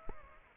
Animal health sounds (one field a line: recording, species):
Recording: mosquito wingbeat signal from an infrared sensor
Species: Aedes aegypti